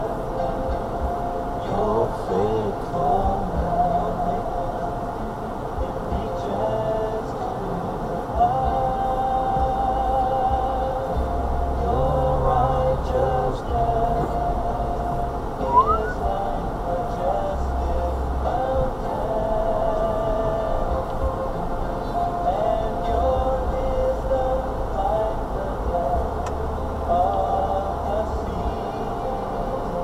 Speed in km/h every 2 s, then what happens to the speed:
3, 3, 2, 2, 3, 6, 6, 5, 5, 6, 5, 5, 3, 2, 3.
4-7 standing. 7-30 steady at about 5.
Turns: none.